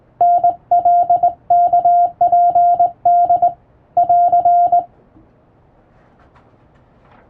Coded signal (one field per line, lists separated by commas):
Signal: Morse code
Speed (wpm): 21 wpm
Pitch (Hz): 700 Hz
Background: none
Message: NLKPD <AR>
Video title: あなたもモールス練習してみませんか？基本に忠実に打つと綺麗なモールス符号になります。手打ちで打てるとカッコイイかも！欧文モールス符号を電報練習帳で打ってみました morse code practice